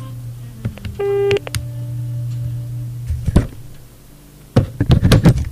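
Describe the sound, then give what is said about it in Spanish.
A steady low telephone line tone hums for several seconds, briefly joined by a higher harmonic beep, with scattered clicks and knocks of handling before it cuts out and clattering follows. “Bueno, a quien haya llamado le solicito que lo vuelva a hacer, porque él era, quizá no sirvió para probar el teléfono.”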